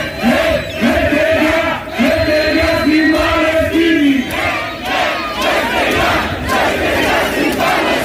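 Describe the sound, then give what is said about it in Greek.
A large crowd chants the protest slogan "Freedom for Palestine" in unison, loud and sustained, with rhythmic rising-and-falling vocal phrases repeating over about eight seconds amid a dense roar of many voices. “και λέει, με φωνάζει με ένα μόνο σύνθημα, λευτεριά στην Παλαιστίνη, τόσο απλό.”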